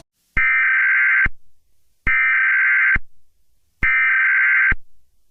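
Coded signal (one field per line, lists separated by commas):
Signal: Emergency Alert System (SAME) tones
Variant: header bursts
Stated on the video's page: Fictional EAS scenario; simulated, not a real activation.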